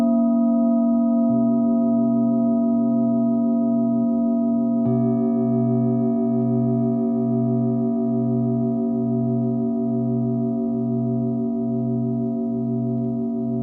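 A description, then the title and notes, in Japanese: A singing bowl hums with a steady, full ring that holds at an even level. A low pulsing throb enters around one second and beats regularly beneath the tone. Near five seconds a fresh strike adds a brighter layer that lingers to the end. 深夜のメキシコから シンギングボウルのサウンドヒーリング ライブ。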